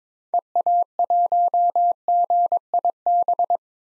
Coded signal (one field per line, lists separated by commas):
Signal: Morse code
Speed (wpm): 22 wpm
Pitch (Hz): 700 Hz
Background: none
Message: EA1GIB